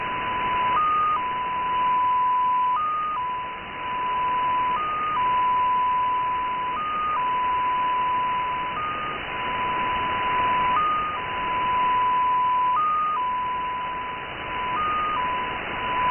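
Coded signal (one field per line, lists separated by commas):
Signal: numbers station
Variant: XPA2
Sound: steady tone over hiss, stepping briefly higher about every two seconds, eight times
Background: radio static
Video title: XPA2 16338 USB 10-14-2018 1500z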